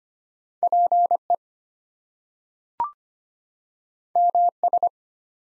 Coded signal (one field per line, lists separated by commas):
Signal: Morse code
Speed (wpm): 25 wpm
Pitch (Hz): 700 Hz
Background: none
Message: PE MS